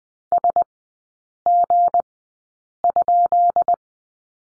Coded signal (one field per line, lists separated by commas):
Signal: Morse code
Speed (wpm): 20 wpm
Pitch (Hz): 700 Hz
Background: none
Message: SG?